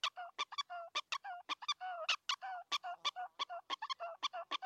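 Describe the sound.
Prairie dog calls, a mix of short sharp yips and longer nasal whining notes, delivered quickly and unevenly.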